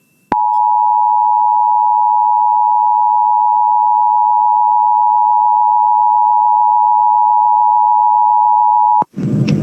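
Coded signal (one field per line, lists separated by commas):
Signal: Emergency Alert System (SAME) tones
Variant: 853 and 960 Hz attention tone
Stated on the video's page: Nevada required monthly tests and routine weekly tests.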